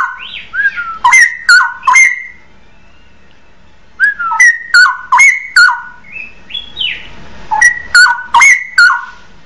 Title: Kicau Kacer